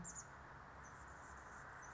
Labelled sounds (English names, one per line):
Anna's Hummingbird